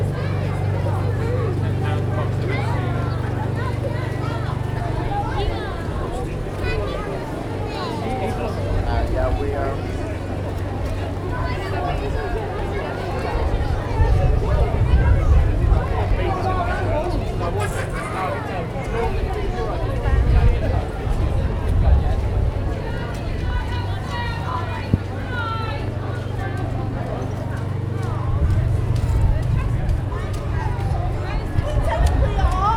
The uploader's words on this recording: Walking though a busy outdoor Christmas market. It is dark and the ground is wet from an earlier downpour. Crowds are gathering in anticipation of the Christmas lights in the High Street being switched on.